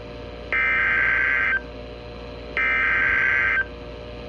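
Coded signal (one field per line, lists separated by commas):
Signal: Emergency Alert System (SAME) tones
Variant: header bursts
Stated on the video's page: Severe thunderstorm warnings received on NOAA weather radio.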